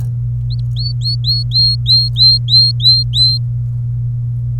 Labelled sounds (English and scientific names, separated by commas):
Domestic Canary (Serinus canaria) song